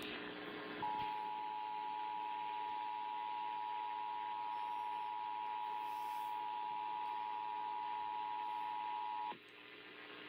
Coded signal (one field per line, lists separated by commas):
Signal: Emergency Alert System (SAME) tones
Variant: 853 and 960 Hz attention tone